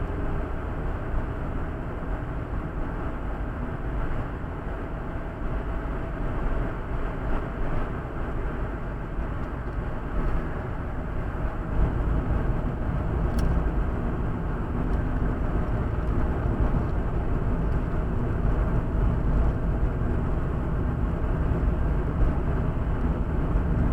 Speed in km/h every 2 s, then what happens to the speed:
75, 77, 78, 78, 77, 75, 73, 71, 69, 67, 66, 67.
0-7 steady at about 77. 7-19 slows to 66.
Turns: none.